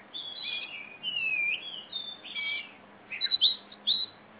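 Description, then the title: Oriental magpie-robin song: slurred whistles including a drawn-out one, a brief lull, then a few sharp, high chirps near the end. Female competition bird of the poci type, black, a national first-place champion from East Java, described as a fighting bird that sings constantly (gacor). "Kacer Juara 1 Nasional gacor kacer juara nasional jawa timur kacer tarung betina poci gacor hitam"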